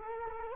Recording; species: mosquito wingbeat signal from an infrared sensor; Culex quinquefasciatus